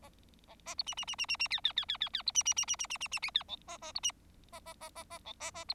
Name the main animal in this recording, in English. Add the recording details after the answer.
Bengalese Finch. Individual Bird4